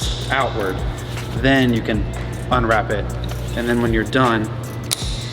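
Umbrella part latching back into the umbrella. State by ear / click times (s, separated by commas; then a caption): seated / 4.9 s. Someone talks over background music while handling the umbrella from a 2023 Rolls-Royce Cullinan Black Badge. After the umbrella has been used, a part of it is pushed back in and latches with a sharp click at 4.9 s, seating it so the umbrella can go into the door.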